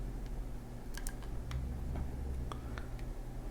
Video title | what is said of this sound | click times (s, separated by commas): DeAgostini Lotus F1 Model - (Stages 5-6) | Just like there it goes. Okay, it kind of snaps into place there. | 2.5 s